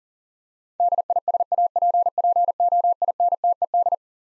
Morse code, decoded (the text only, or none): DISAPPOINTED